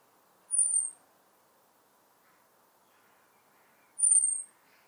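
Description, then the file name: European robin producing two high, thin whistles about three and a half seconds apart, each sliding slightly lower; otherwise quiet. "Erithacus rubecula"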